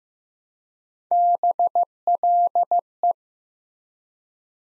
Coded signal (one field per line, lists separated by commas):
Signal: Morse code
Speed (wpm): 15 wpm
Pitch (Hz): 700 Hz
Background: none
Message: BLE